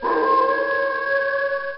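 Wolf howling in one steady, sustained tone lasting nearly two seconds, holding level pitch with clear harmonics before fading at the end.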